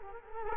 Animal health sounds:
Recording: mosquito wingbeat signal from an infrared sensor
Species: Culex quinquefasciatus

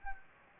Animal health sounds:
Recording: mosquito wingbeat signal from an infrared sensor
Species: Anopheles gambiae

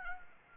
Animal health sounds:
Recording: mosquito wingbeat signal from an infrared sensor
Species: Anopheles arabiensis

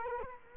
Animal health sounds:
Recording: mosquito wingbeat signal from an infrared sensor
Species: Culex quinquefasciatus

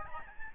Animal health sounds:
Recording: mosquito wingbeat signal from an infrared sensor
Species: Aedes albopictus

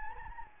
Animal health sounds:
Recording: mosquito wingbeat signal from an infrared sensor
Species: Anopheles gambiae

